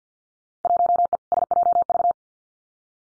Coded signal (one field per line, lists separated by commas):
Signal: Morse code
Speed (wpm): 50 wpm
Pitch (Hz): 700 Hz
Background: none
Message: 1E SJV